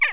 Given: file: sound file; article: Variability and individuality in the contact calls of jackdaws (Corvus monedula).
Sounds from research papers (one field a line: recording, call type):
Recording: jackdaw call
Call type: harmonic